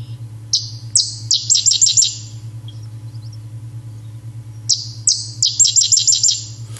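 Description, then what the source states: Sedge Wren song: two phrases, each a couple of sharp introductory notes followed by a fast, dry staccato chatter, with a steady low hum underneath. Song described as a couple of notes and then a staccato chatter, similar to house wren and marsh wren songs.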